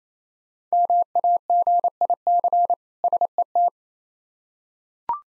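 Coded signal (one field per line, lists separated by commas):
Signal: Morse code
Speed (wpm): 27 wpm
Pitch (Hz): 700 Hz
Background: none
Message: MAGIC SET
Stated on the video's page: Morse practice of difficult words at 28 wpm, each preceded by a contextual hint.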